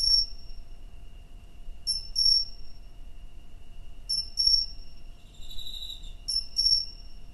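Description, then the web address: Cricket chirping in high, pulsed double bursts about every two seconds, with a brief fainter buzzy trill near the end over a steady faint hum. "Hoerbeispiele Grillen"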